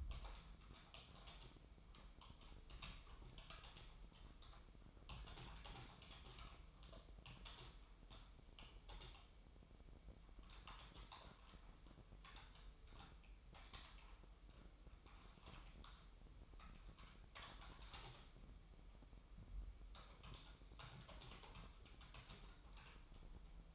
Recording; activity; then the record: daily activity, microphone in the room; typing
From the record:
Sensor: 1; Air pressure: 988.8 hPa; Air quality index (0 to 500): 204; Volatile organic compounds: 1000 ppm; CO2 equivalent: 5430 ppm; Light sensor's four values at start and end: 25/93/35/37 and 25/93/35/36